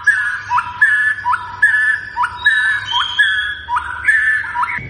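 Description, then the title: White-rumped shama: songbird repeating a short upward-flicked whistle a little more than once a second. Continuously singing (gacor) bird, used as a lure to draw a response from other shamas; local name murai batu. "PANCINGAN MURAI BATU GACOR, LANGSUNG RESPON"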